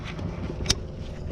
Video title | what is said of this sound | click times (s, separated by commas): Hellcat Catch Can!!! What' is it and should I use one? | And you hear it click, just like that. | 0.7 s